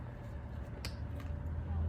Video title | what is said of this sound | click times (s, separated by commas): Oxygenation | right there's the Click put the mask back on | 0.8 s